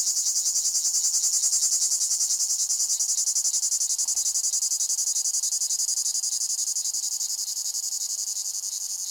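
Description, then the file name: Lyristes cicada song: a loud, steady, high-pitched buzzing drone pulsing rapidly at an even rate, holding constant throughout with only a slight fade toward the end. "Lyristes"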